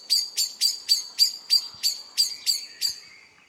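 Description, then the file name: Common blackbird giving a rapid run of sharp, clicking chink notes, about three per second, slowing and fading toward the end. "Turdus merula"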